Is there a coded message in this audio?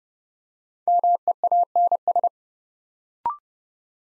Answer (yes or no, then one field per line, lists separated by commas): yes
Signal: Morse code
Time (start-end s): 0.9-2.3 s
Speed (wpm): 30 wpm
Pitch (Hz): 700 Hz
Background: none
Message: MEANS